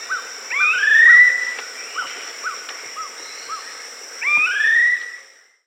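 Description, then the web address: Black-faced cotinga giving rising whistled calls, two main bursts separated by several short clipped notes, with a constant high drone. South America. "Natures Songs S America Black-faced Cotinga"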